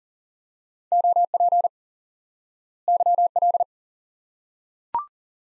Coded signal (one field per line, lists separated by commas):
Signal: Morse code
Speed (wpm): 40 wpm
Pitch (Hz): 700 Hz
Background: none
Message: OP YL